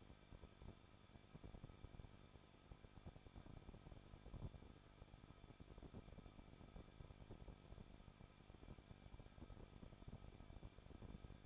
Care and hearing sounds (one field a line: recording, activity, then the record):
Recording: daily activity, microphone in the room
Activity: no activity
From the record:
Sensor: 5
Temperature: 20.8 degrees Celsius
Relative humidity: 38.3%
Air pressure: 1006.5 hPa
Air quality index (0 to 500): 190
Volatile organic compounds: 20 ppm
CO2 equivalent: 2679 ppm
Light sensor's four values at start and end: 2/3/1/1 and 2/3/1/1